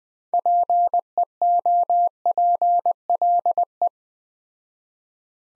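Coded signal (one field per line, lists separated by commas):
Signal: Morse code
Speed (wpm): 20 wpm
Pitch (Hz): 700 Hz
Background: none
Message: PEOPLE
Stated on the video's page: Morse practice of three-word sets at 20wpm with 4x word spacing, a Farnsworth-like method applied to words.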